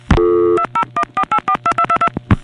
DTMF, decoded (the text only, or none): 2014842222